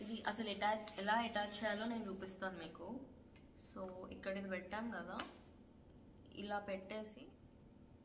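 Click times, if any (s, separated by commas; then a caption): none. A styling attachment is handled against a hair styler handle while a woman talks over it. The clip ends just before the attachment goes home, so nothing has clicked or locked on yet.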